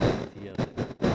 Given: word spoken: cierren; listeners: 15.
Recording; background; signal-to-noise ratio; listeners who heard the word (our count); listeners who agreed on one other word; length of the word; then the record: one Spanish word in noise, from a listening test; noise modulated by one talker; -12.3 dB; 0 of 15; 8 of 15; 0.75 s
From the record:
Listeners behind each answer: 8, 2, 1, 1, 1, 1, 1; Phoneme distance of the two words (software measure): 7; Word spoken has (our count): 2 syllables, 6 phonemes, stress on syllable 1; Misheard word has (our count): 2 syllables, 5 phonemes, stress on syllable 1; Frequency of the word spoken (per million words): 1.22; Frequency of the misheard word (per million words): 41.76